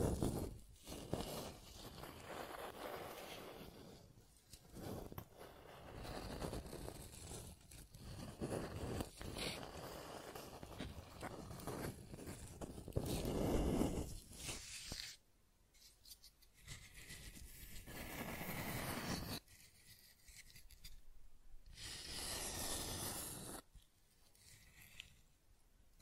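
Scratching and tracing sounds rub and scrape in an uneven series of strokes, some short and some drawn out over a second or more. The first fifteen seconds are dense and gritty, with a loud scrape near thirteen seconds. After that come brighter, hissing strokes separated by near silence.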